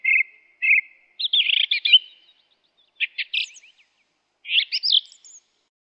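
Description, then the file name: Song thrush singing short, clear phrases: a whistled note given twice, then varied chirpy and scratchy phrases separated by brief pauses, on an otherwise silent background. "Singdrossel"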